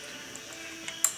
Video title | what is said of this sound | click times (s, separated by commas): The chainsaw guy shop talk Husqvarna 372 XPW Chainsaw 2 17 | you hear a little click when it goes off | 1.0 s